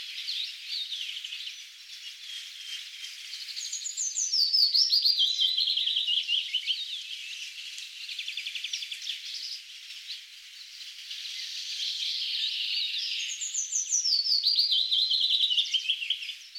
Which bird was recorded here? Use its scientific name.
Phylloscopus trochilus